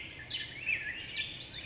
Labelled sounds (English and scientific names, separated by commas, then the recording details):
California Towhee (Melozone crissalis)
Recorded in Sonoma County, California